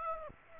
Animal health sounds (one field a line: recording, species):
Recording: mosquito wingbeat signal from an infrared sensor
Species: Aedes aegypti